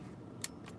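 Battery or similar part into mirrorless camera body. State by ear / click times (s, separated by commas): seated / 0.4 s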